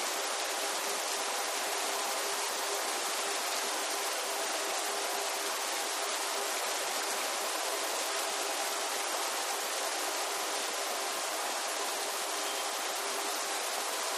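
Steady, dense rain hisses evenly throughout, bright, with a faint low tonal hum underneath and no distinct thunder.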